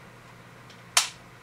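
A plastic medication chamber is placed on the main unit of an NE1005 ultrasonic nebulizer and pressed down until it latches. After quiet low-level background, a single sharp, bright click at 1.0 s rises well above the noise and fades within about a tenth of a second. The chamber is seated.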